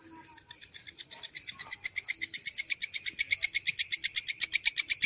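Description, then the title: Canary beginning with a few soft notes, then building into a loud, rapid, rhythmic trill of buzzy repeated notes. Long-duration song used as masteran (bird tutor) material. "Kicauan Kenari Durasi Panjang"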